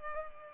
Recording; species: mosquito wingbeat signal from an infrared sensor; Culex pipiens